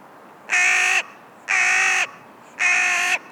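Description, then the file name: Carrion crow giving three harsh, hoarse caws, each about half a second long and evenly spaced roughly a second apart, over faint background hiss. "Corvus corone"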